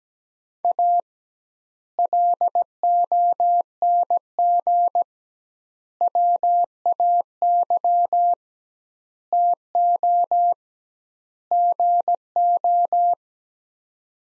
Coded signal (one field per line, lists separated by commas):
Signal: Morse code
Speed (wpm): 17 wpm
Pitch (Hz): 700 Hz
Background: none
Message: A LONG WAY TO GO